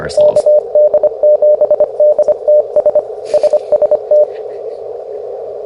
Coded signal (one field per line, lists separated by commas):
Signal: Morse code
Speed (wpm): 24 wpm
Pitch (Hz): 600 Hz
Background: speech, radio noise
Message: KD7DTS SST